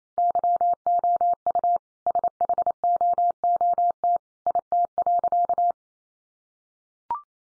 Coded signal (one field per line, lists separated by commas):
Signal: Morse code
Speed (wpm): 28 wpm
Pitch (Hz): 700 Hz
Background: none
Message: YOU SHOOT IT.